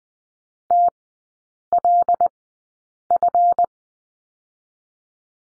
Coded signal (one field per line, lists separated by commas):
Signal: Morse code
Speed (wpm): 20 wpm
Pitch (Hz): 700 Hz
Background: none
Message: TLF